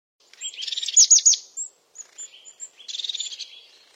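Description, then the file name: European crested tit song: buzzy trilled phrases high in pitch, with a purring rattle and short thin whistled notes between bursts, no other clear sounds. "Canto do chapim de crista"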